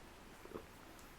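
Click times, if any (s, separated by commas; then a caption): none. A .22 LR rifle's bolt handle is being worked toward closing, to lock it into the metal receiver. Only quiet handling noise is heard, with a faint soft bump around the middle. Nothing has seated or clicked yet.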